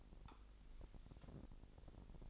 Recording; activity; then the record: daily activity, microphone in the room; take from stove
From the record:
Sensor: 5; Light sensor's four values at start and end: 30/67/28/27 and 32/73/29/29